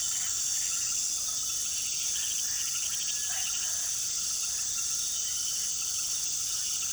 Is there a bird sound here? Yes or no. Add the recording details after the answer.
no. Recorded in pastures near Puerto Asís, Putumayo, Colombia, on 20 February 2024 at 01:00. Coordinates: 0.466, -76.323. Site G6384